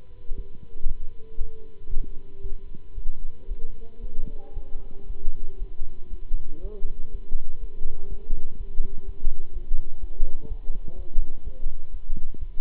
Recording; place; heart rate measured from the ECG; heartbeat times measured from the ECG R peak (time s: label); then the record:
heart sounds by stethoscope; between the tricuspid and mitral areas; 120 bpm
0.34 s: heartbeat
0.85 s: heartbeat
1.37 s: heartbeat
1.88 s: heartbeat
2.40 s: heartbeat
2.94 s: heartbeat
3.47 s: heartbeat
4.00 s: heartbeat
4.53 s: heartbeat
5.06 s: heartbeat
5.58 s: heartbeat
6.09 s: heartbeat
6.60 s: heartbeat
7.10 s: heartbeat
7.59 s: heartbeat
8.08 s: heartbeat
8.56 s: heartbeat
9.04 s: heartbeat
9.52 s: heartbeat
10.00 s: heartbeat
10.47 s: heartbeat
10.95 s: heartbeat
11.43 s: heartbeat
11.90 s: heartbeat
12.38 s: heartbeat
From the record:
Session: Bruce protocol treadmill stress test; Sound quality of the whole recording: good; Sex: male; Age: 26 years